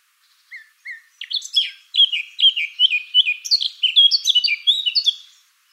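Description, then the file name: Eurasian blackcap song: two soft opening notes, then a rich warble of varied fluty and chattering notes climbing gradually higher. "Sylvia atricapilla"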